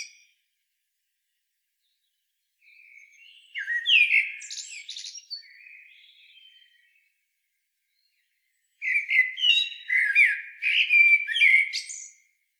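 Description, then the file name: Common blackbird giving two bursts of squeaky, chattering sounds, a longer one in the first half and a busier one toward the end. "Turdus merula"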